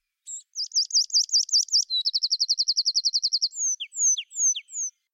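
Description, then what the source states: Tree Pipit song: about five seconds of bright, high notes in three phrases, first a run of repeated chirps, then a long fast trill, ending with several slurred, bouncy downward notes. Upland oak woodland; song of 3 phrases, the middle a long fast trill, the last of bouncy notes; fast, loud, high and fizzy.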